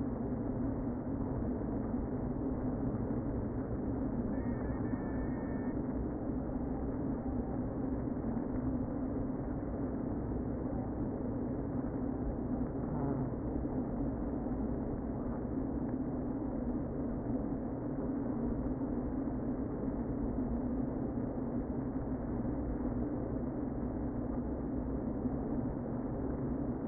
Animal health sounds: honeybee colony, microphone inside the hive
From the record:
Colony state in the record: queen present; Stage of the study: before two queens were removed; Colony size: about 60,000 bees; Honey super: yes

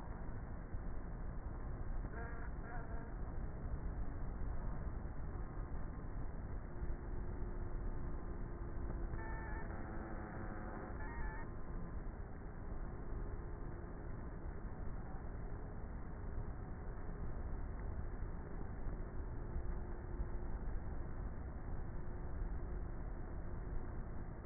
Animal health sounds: honeybee colony, microphone inside the hive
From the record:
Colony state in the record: queenless with a low population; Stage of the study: before two queens were removed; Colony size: about 30,000 bees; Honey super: no

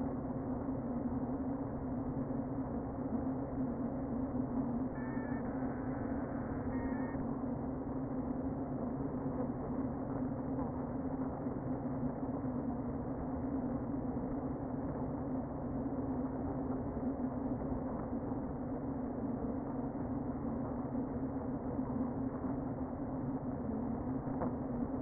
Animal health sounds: honeybee colony, microphone inside the hive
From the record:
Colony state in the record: queen present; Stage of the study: before two queens were removed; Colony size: about 60,000 bees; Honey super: yes

